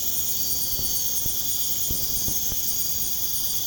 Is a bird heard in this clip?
no